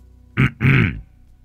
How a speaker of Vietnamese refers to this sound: Cô chưa kịp tiến lại gần chồng mình thì đằng sau đã có tiếng ho vọng lại.